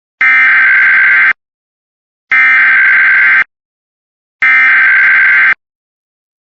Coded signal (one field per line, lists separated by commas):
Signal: Emergency Alert System (SAME) tones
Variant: header bursts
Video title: All of Idaho, Lincoln Montana, Malheur Oregon EAS: Child Abduction Emergency 03/09/26